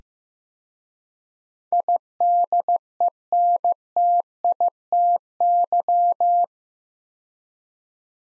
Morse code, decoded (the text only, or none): IDENTITY